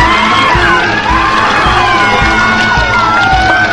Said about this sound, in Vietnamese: Mọi người thi nhau hét inh ỏi.